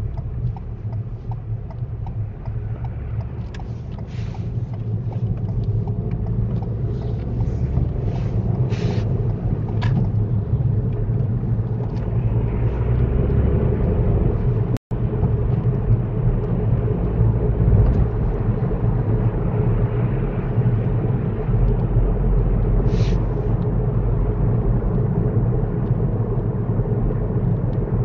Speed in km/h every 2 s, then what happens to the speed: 11, 13, 19, 21, 27, 34, 44, 47, 53, 52, 53, 58, 55, 55.
3-15 speeds up to 53. 15-28 steady at about 53.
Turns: 4-6.